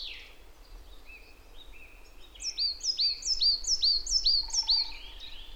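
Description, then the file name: Marsh tit calling: a few soft notes, then a run of several crisp, falling high chirps in an even rhythm, with a faint hum near the end. "Poecile palustris"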